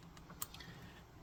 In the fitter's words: There we go. Heard the click. Felt the click. Whatever.